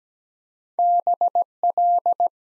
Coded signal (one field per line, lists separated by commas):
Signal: Morse code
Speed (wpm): 17 wpm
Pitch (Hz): 700 Hz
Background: none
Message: BL